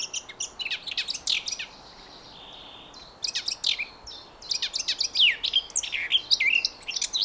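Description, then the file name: Eurasian blackcap song in warbled phrases separated by brief pauses, the later part including loud, clear, slurred whistles. "Sylvia atricapilla"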